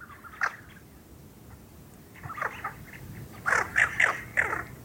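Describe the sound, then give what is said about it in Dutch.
A large group of tufted ducks calling in a small nature area: short, wavering, trilling notes, one early burst then clusters of several louder calls toward the end, over a low, steady background rumble. “voor het eerst hoor ik het fantastische geluid dat ze blijkbaar maken.”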